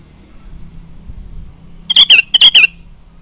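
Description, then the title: Sooty-headed bulbul: two quick, bright, slurred phrases of paired notes close together, over a low background rumble. "Kutilang"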